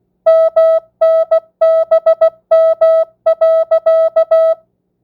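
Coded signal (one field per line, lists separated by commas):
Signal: Morse code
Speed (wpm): 16 wpm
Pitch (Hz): 650 Hz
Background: music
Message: MNBM.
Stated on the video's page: Morse receiving practice at 16 wpm, non-Farnsworth, with variable word length.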